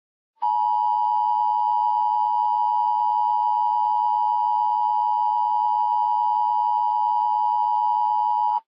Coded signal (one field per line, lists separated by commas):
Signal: Emergency Alert System (SAME) tones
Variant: 853 and 960 Hz attention tone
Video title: "COASTAL CHAOS" - EAS Scenario